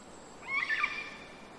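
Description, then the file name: Cockatoo call, a single harsh grating squawk lasting about half a second over a quiet background hiss. Mainly cockatoos, close by, among birds in rainforest in Queensland, Australia, early spring, with wind in the trees. "zapsplat nature rainforest ambience wind trees birds mainly cockatoos close by early spring qld australia"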